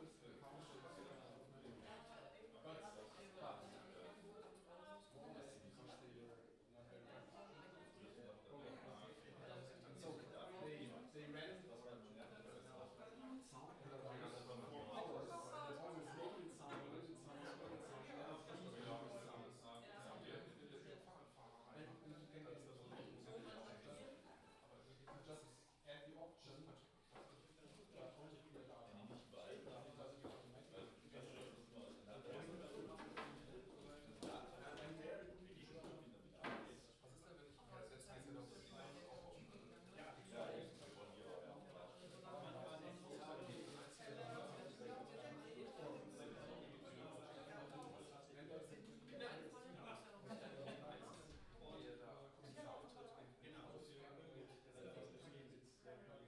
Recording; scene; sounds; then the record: everyday scene through a hearing-aid microphone; many people talking; many voices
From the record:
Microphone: in the ear canal, left